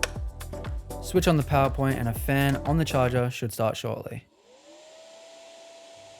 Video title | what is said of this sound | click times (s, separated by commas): SurRon Ultra Bee Unboxing | Set up the charger, line it up, and push it in until you hear a click. | 0.0 s